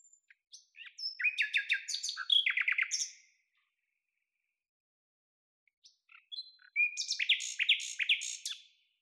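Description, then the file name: Common nightingale singing two complex phrases of varied chattering and quick repeated notes, with a quiet gap between them. "Luscinia megarhynchos"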